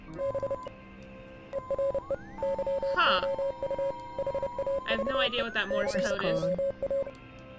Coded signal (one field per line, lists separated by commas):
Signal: Morse code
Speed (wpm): 29 wpm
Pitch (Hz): 550 Hz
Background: speech, music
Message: B ERE YOU HAVE COA